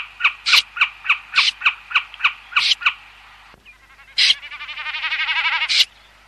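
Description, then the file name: Common snipe calls: a quick series of clipped, ticking notes, a pause, then a harsh note leading into a buzzy rattling sequence that grows louder and ends abruptly. "BECCACCINO"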